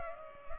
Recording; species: mosquito wingbeat signal from an infrared sensor; Culex pipiens